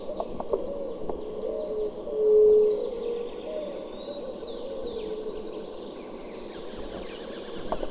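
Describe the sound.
White-tipped dove giving one short, low, hollow coo about a third of the way in, against a constant shrill insect hum and faint scattered chirps.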